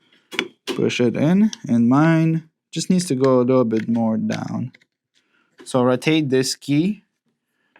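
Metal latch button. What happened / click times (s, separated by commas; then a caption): Handled, nothing seated yet: talk during positioning, no seating click / none. Someone talks while fitting an aftermarket dust cover/handguard combo to a Kalashnikov USA AK-103 rifle receiver, pushing the spring-loaded release button into its recess as the key is rotated, with a brief sharp tick near 0.4 s. The clip ends before the part goes home; nothing has seated or clicked yet.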